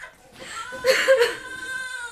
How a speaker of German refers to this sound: Wo ist mein Baby? Doch, hören Sie, da oben, es weint, hören Sie! Es weint doch, hören Sie doch mal!